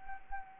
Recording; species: mosquito wingbeat signal from an infrared sensor; Anopheles gambiae